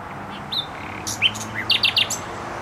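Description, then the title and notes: Nightingale song: a short varied phrase of whistles, buzzy notes and a quick triple note, with traffic rumble underneath. Singing in bushes close to a noisy motorway, Trasa Toruńska, Bródno-Podgrodzie, Warsaw, Poland; recorded with an Olympus LS-11. "Bródno-Podgrodzie, Warszawa, Polska - Trasa Toruńska Nightingale. Recording nightingale singing in bushes close to noisy motorway"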